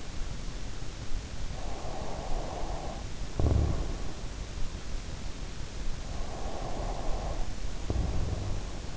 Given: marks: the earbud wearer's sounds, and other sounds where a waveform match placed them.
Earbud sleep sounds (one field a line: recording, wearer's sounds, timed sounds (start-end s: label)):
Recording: sounds in sleep by an in-ear microphone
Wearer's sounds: breath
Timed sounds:
1.35-4.68 s: breath
5.78-8.97 s: breath